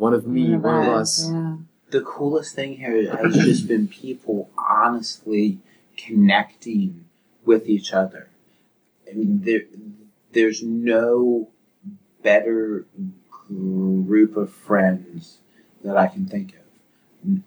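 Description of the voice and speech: An adult man who stutters speaks conversationally at a stuttering conference in India, in short phrases with frequent pauses. He stretches sounds on "there's," "no" and "better," then holds and repeats the g before "group." These prolongations and sound repetitions are typical stuttering disfluencies in otherwise fluent speech.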